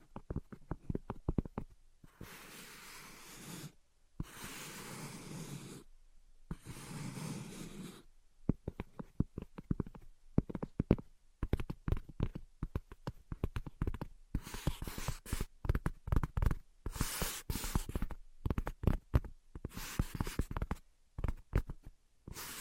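Tapping and scratching alternate throughout. Quick, sharp taps come in irregular bursts, some rapid and clustered, while longer rasping scratches of about one to two seconds run in a tight group early on, then return in shorter stretches later. A faint steady hum sits underneath.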